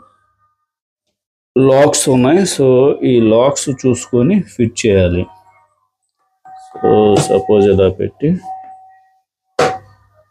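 A vacuum cleaner attachment is lined up on its locking tabs to fit into the vacuum cleaner body while someone talks. Brief handling sounds are heard between the speech. The clip ends before the part goes home, so nothing has seated or clicked yet.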